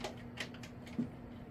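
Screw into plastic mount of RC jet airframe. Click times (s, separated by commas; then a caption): 0.4 s. A screw driven into a plastic mount on a foam Freewing Avanti S V2 80mm sport jet RC airframe is overtightened. A few short, dry ticks sound over a steady low hum, with the sharpest snap at 0.4 s, when the plastic thread strips and the screw starts turning freely.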